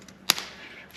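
A new lower bushing, a split metal sleeve, is snapped onto a fork tube during a front fork rebuild on an old Shovelhead motorcycle. One sharp, bright snap lands at 0.3 s, followed by a softer tick at 0.4 s over low background hiss. The bushing seats into its groove on the fork tube.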